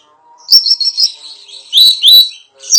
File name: Suara Siri Siri Besar Tembakan Tajam Untuk Masteran